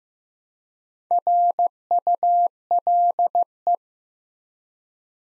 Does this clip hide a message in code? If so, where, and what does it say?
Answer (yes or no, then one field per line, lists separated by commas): yes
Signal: Morse code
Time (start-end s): 1.1-3.8 s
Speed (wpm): 15 wpm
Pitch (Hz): 700 Hz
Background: none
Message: RULE